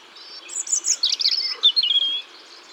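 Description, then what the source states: European robin song, a rich high phrase of thin whistles, rapid trilled twitters and slurred notes running without a break. Recorded in Ardèche, France.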